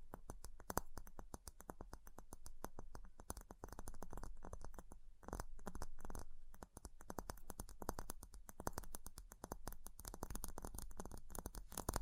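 Ice being tapped and scratched in a fast, dense stream of sharp clicks and taps, many per second, with a bright crackling edge. A few brief pauses break the run near four and five seconds, and a low hum sits underneath throughout.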